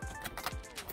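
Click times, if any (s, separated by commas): none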